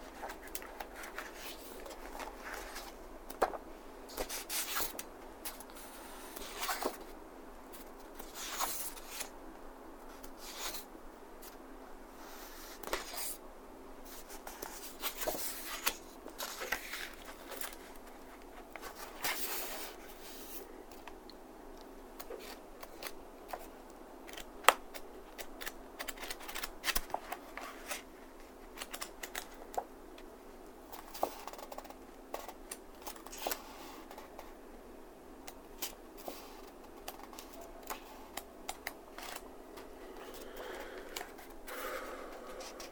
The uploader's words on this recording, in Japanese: 机で本をめくる音（Binaural） - sound of turning a book。本をめくったり、とじたりする音。